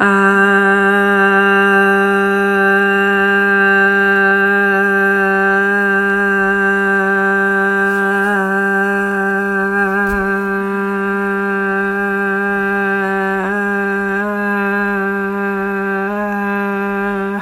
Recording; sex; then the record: sustained vowel /a/; female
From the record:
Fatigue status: no fatigue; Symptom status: asymptomatic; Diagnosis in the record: COVID-19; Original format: m4a